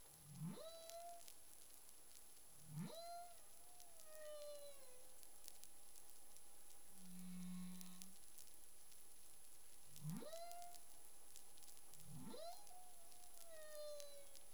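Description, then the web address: Humpback whale calls: several rising whoops curving into drawn-out descending tones, with one low hum midway, amid continuous hiss and snapping underwater crackle. Caribbean, recorded 25 February 2021 at 11:23 UTC. "CARIMAM. humpback whale 20210225 112328 UTC"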